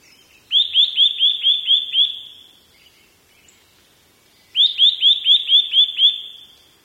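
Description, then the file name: Eurasian nuthatch giving two bursts of about seven quick, clear, rising whistled notes, each burst lasting about one and a half seconds, separated by a silent pause. "gojukara"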